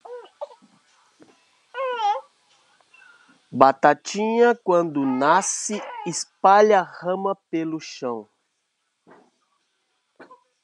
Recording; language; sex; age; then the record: short text; Brazilian Portuguese; male; 50 to 59 years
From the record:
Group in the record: control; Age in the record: 50 years